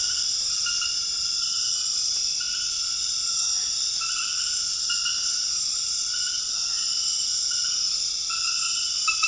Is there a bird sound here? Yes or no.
no